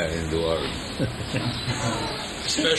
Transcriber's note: laughs